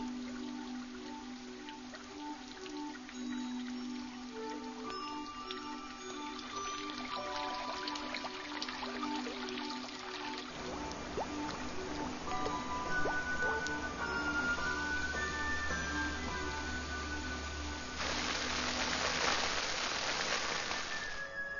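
Snowmelt water released from the mountains as the sun's power melts the snow after weeks near freezing trickles steadily with scattered small drips, over soft sustained musical tones. A deeper rushing flow joins midway, and the water swells louder toward the end.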